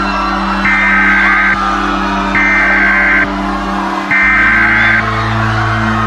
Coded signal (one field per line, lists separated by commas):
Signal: Emergency Alert System (SAME) tones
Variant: header bursts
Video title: Classic Caillou and Classic Rosie makes a fake EAS/whooped/grounded